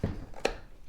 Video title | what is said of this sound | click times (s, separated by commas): Stihl FS38 Trimmer Carburetor Replacement | and then it just closes, clicks into place. | 0.4 s